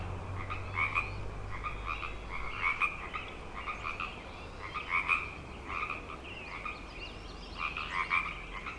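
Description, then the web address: Frog chorus with repeated bursts of pulsed, rattling calls, many callers overlapping above a low rumble. Frog chorus on Grafton Lake, recorded 3 May 2009. "The Frog Chorus Tunes Up On Grafton Lake frogs 090503"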